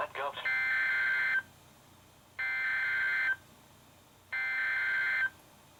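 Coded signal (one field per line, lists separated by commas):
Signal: Emergency Alert System (SAME) tones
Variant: header bursts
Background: speech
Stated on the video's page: NOAA Weather Radio alerts from station KHB36 issued by Sterling, VA: severe thunderstorm watches and warnings and a special marine warning.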